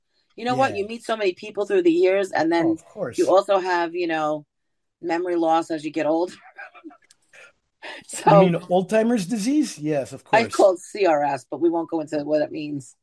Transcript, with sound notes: You know what? You meet so many people through the years, and then-
Oh, of course.
... you also have, you know, memory loss as you get old. (laughs) So-
You mean, old timer's disease? Yes, of course.
I call it CRS, but we won't go into what it means.